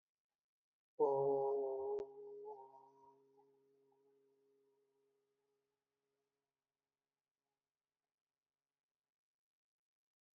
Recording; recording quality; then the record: sustained vowel as in boot; excellent, no background noise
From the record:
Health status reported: healthy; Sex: male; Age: 23 years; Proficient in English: yes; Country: India